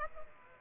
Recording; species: mosquito wingbeat signal from an infrared sensor; Aedes aegypti